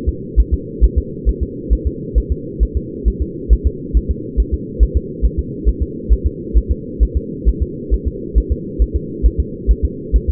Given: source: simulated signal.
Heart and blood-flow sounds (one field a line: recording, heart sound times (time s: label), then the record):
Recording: fetal heart sounds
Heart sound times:
0.09 s: S2
0.40 s: S1
0.54 s: S2
0.84 s: S1
0.98 s: S2
1.29 s: S1
1.43 s: S2
1.73 s: S1
1.87 s: S2
2.18 s: S1
2.32 s: S2
2.63 s: S1
2.77 s: S2
3.08 s: S1
3.22 s: S2
3.53 s: S1
3.67 s: S2
3.97 s: S1
4.11 s: S2
4.40 s: S1
4.54 s: S2
4.83 s: S1
4.97 s: S2
5.25 s: S1
5.39 s: S2
5.69 s: S1
5.83 s: S2
6.12 s: S1
6.27 s: S2
6.58 s: S1
6.71 s: S2
7.03 s: S1
7.17 s: S2
7.49 s: S1
7.62 s: S2
7.94 s: S1
8.08 s: S2
8.38 s: S1
8.52 s: S2
8.82 s: S1
8.96 s: S2
9.26 s: S1
9.40 s: S2
9.71 s: S1
9.85 s: S2
10.16 s: S1
10.30 s: S2
From the record:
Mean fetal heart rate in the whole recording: 135 bpm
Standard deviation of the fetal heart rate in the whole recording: 3 bpm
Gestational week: 34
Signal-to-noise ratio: -4.1 dB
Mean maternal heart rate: no maternal heart sound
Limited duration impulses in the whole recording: absent